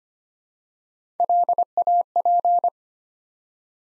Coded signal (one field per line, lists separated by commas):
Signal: Morse code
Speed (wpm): 25 wpm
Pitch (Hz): 700 Hz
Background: none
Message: LAP